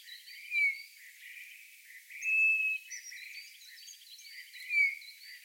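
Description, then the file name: Eurasian bullfinch calls: three soft whistled notes, two short and falling, one longer and level, spaced about two seconds apart, over busy background chatter. "Pyrrhula pyrrhula"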